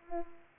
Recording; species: mosquito wingbeat signal from an infrared sensor; Culex pipiens